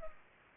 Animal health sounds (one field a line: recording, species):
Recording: mosquito wingbeat signal from an infrared sensor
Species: Culex pipiens